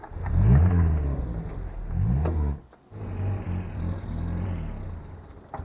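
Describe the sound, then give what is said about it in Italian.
A car engine revs up in two surges, drops off briefly, then settles into a steady, low, rumbling drive as the car is moved to the other side of a service station, near the diesel pump. No voices are heard. “Porti la macchina dall'altra parte, vicino alla pompa del gasolio.”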